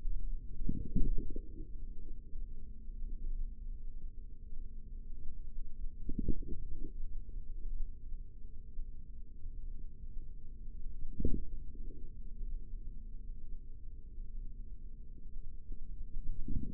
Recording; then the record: forearm muscle sounds (acoustic myography)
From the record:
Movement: forearm pronation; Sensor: system 3, bracelet of six PUI Audio POM-2738L microphones around the upper forearm, with dedicated amplification and filtering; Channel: 6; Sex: male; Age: 55 years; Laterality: right